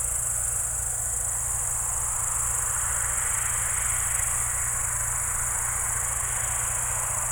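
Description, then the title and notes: Crickets trill unbroken in a dense high band over a low engine drone. Evening crickets at Spalona Pass, Bystrzyckie Mountains, Poland, 18 July 2024 around 19:00; old tractor mowing grass in the village below in background. "Spalona Pass - crickets and haymaking. Przełęcz Spalona w Górach Bystrzyckich. wieczorne świerszcze"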